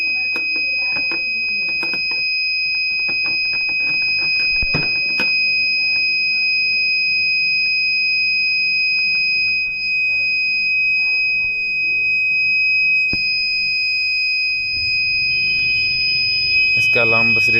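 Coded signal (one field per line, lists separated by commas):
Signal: beep code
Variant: Kent RO water purifier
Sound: one unbroken high-pitched electronic beep tone with handling knocks and brief voice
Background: handling noise, room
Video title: how to reset kent RO || BEEP SOUND PROBLEM #shorts #1million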